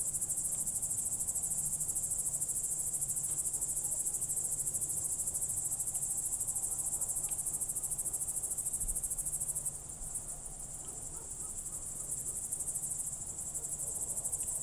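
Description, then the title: Crickets give an unbroken, high, rhythmic chirping chorus, briefly softening in the latter part, with little else audible. Crickets recorded at night through a window in Goworów, Poland, late evening of 18 July 2022, World Listening Day, with a Zoom F4 and AT BP4025. "Goworów 6, 57-515, Poland - World Listening Day/Night 18/07/2022-night crickets"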